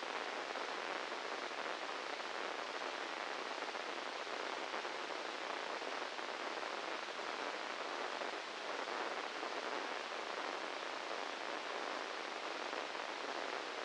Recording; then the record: brain microelectrode recording played as sound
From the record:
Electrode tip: inside the subthalamic nucleus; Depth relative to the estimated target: -4 mm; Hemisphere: left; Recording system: NeuroSet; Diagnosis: Parkinson's disease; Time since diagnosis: 10 years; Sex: male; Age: 56 years